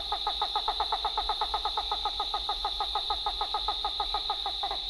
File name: Great Blue Turaco (Corythaeola cristata)